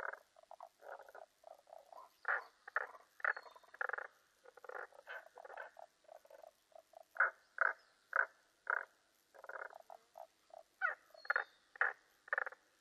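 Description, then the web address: Tago's brown frog calls: dense run of rasping croaks, roughly twice a second with uneven spacing. Recorded 15 May 2005. "2005 050515 tagogaeru"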